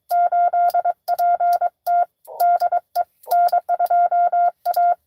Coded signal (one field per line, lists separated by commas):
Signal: Morse code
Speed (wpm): 23 wpm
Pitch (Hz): 700 Hz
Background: none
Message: 8PT DE N2A